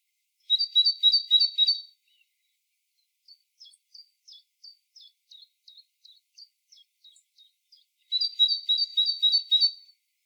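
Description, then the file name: Great tit sings a rapid run of high two-note phrases, then a string of soft, thin, evenly spaced notes before another ringing series. "Parus major"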